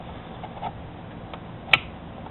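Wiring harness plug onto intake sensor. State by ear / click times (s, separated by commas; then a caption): seated / 1.7 s. An electrical wiring harness connector is pushed, without squeezing, onto the MAP/TMAP intake sensor on the throttle body of a 2006 Escape. After a faint tick at 1.3 s and quiet background noise, a sharp click at 1.7 s marks the connector seating fully, leaving everything hooked up.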